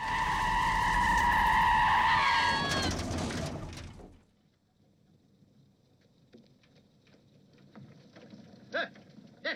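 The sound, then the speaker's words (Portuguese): In a film scene dubbed in Brazilian Portuguese, a car skids to a stop with a loud, shrill tire screech lasting about three seconds, its squealing tones bending downward at the end before cutting to near silence with faint rustling. “Tem que prestar atenção nos carros, moleque.”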